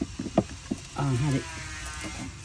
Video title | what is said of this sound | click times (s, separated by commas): Porsche Cayenne 92A replacement of secondary Air Pump Hose | Now this you you'll hear a click. | 0.4 s